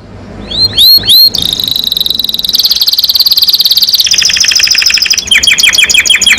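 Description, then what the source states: Canary song: a few rising whistled notes, then long rapid buzzy trills shifting pitch, ending in repeated downward-sweeping notes. Singing constantly (gacor); champion-level singer, first place winner.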